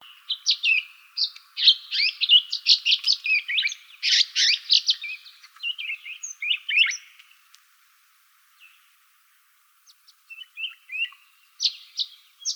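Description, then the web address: Violet-green Swallow twittering: rapid, thin, high chips and slurred notes in a dense burst for about seven seconds, then a pause and scattered chips. Recorded 15 May 2006. "Larks Swallows VGSW 051506. deviche"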